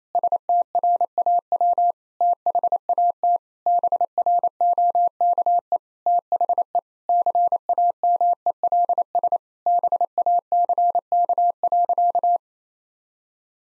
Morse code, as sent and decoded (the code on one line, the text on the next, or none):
... - .-. .- .-- / - .... .- - / -... .-. --- -.- . / - .... . / -.-. .- -- . .-.. ... / -... .- -.-. -.- .-.-.-
STRAW THAT BROKE THE CAMELS BACK.